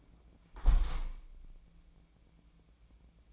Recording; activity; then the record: daily activity, microphone in the room; close window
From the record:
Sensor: 1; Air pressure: 1012.3 hPa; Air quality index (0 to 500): 167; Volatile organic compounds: 3 ppm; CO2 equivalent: 1358 ppm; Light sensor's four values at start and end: 150/336/149/157 and 155/347/153/162